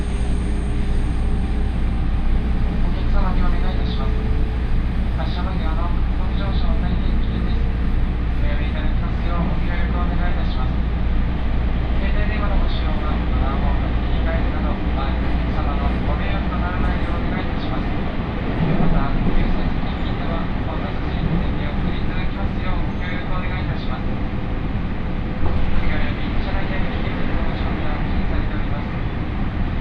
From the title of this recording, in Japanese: 東海道本線各駅停車 岐阜→名古屋